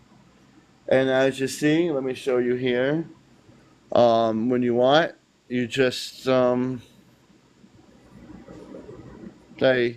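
A wireless earbud is handled and lined up over its charging case while someone talks, with a soft rustle of handling between phrases. Nothing has seated or clicked yet.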